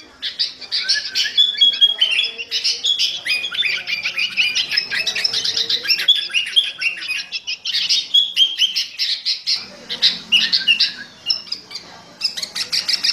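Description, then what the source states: Sooty-headed bulbul pouring out continuous high, scratchy chatter and quick chirps, busy and almost unbroken apart from a few brief lulls. Fierce-style ('gaya sangar') singing with a 'thunder' ('suara halilintar') voice.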